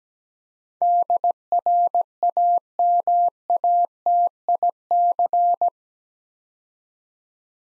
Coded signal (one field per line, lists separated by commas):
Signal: Morse code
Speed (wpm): 17 wpm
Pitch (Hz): 700 Hz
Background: none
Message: DRAMATIC